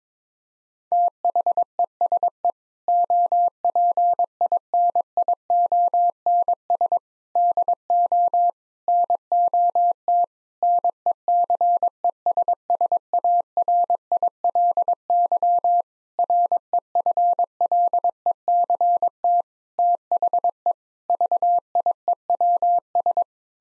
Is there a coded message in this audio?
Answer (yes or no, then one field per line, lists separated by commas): yes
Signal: Morse code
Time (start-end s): 0.9-23.2 s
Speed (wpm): 21 wpm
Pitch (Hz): 700 Hz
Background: none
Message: THESE OPINIONS DO NOT NECESSARILY REFLECT THE VIEWS